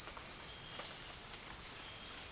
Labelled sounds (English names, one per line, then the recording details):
none
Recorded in dense forest near Puerto Asís, Putumayo, Colombia, on 20 December 2024 at 06:30
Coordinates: 0.481, -76.323
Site G100